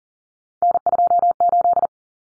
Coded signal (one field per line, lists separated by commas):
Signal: Morse code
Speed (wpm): 40 wpm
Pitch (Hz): 700 Hz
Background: none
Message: N28